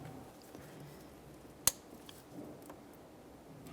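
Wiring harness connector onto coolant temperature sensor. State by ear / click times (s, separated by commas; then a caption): seated / 1.7 s. A wiring harness connector is pressed onto a newly installed coolant temperature sensor on a 2006-2012 Ford Fusion 3.0L V6. A sharp, loud click is heard at 1.7 s, with a few faint ticks around it. The connector is seated on the sensor.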